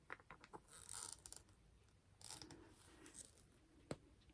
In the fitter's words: Oh, I heard it click.